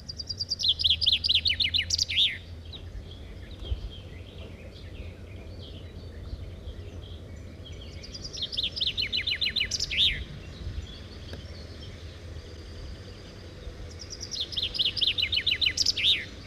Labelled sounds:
Common Chaffinch song

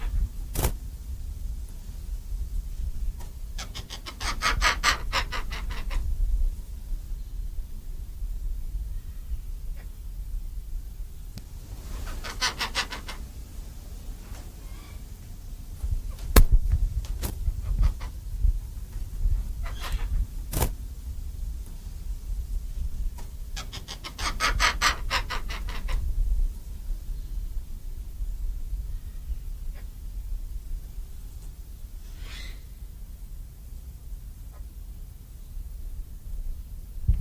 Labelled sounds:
White Cockatoo call

